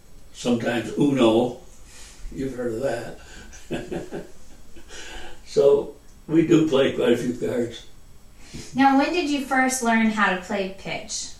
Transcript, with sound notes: Sometimes Uno. You've heard of that. [Laughter] We do play quite a few cards.
When did you first learn how to play pitch?